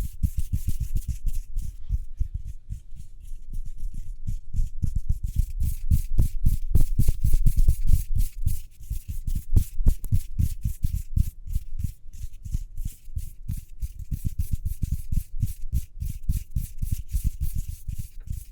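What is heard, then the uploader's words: Speedy hand sounds: a fast, continuous run of rubbing or patting strokes, roughly several per second, each a soft low thump with a brief crisp hiss on top. The rhythm stays dense and fairly even throughout, swelling slightly louder around the middle. ASMR Speedy Hand Sounds (No Talking).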